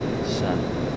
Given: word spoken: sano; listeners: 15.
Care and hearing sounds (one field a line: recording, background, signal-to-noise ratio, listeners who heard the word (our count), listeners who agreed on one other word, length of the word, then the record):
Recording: one Spanish word in noise, from a listening test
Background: speech-shaped noise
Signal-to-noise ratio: -5.5 dB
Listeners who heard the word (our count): 0 of 15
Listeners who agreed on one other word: 9 of 15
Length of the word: 0.56 s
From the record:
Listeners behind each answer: 9, 1, 1, 1, 1, 1, 1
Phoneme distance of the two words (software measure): 17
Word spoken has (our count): 2 syllables, 4 phonemes, stress on syllable 1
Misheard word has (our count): 1 syllable, 3 phonemes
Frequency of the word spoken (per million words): 15.64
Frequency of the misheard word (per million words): 79.15